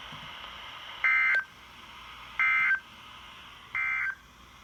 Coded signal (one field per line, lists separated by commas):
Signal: Emergency Alert System (SAME) tones